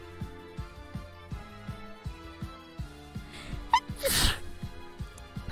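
An adult VTuber streamer takes a quick rising inhale, then gives one sharp sneeze, followed by a brief voiced sound, over steady background music.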